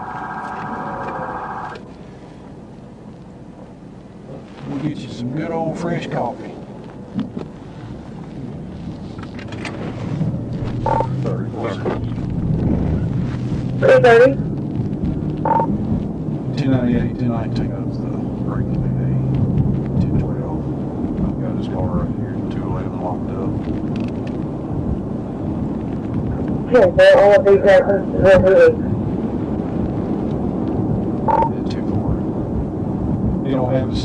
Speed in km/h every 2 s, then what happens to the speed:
0, 0, 0, 0, 16, 32, 39, 48, 55, 64, 66, 69, 71, 71, 71, 71, 72.
0-6 standing. 6-23 pulls away to 71. 23-31 steady at about 71.